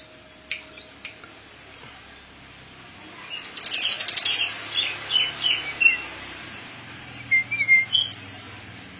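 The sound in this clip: Bird song of high chirps and a rapid buzzy trill, phrases repeated in bursts with whistled notes, and two sharp clicks near the start.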